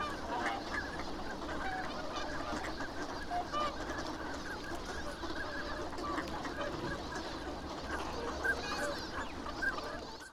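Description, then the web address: Ducks calling in a dense flock, many overlapping calls sounding continuously over steady background noise. Recorded at Abukuma on 10 February 2024. "abukuma 240210 abukuma ducks 20240210"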